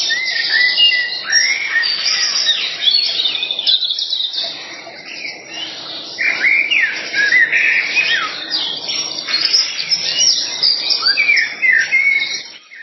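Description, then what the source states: Birds singing in a busy chorus, with slurred whistles that rise and fall repeated among continuous chirping and trilling from several birds. Several birds singing in a forest in the evening.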